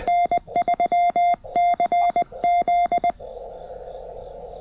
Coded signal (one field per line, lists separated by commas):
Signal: Morse code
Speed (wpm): 20 wpm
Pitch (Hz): 700 Hz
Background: none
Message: N3CZ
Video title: Labor Day Morning POTA with N3CZ: QRP with the CFT1 at Lake James State Park!